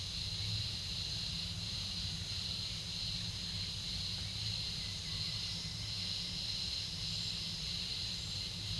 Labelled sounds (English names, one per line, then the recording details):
none
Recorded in secondary vegetation near Puerto Asís, Putumayo, Colombia, on 4 March 2025 at 08:30
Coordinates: 0.498, -76.327
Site G001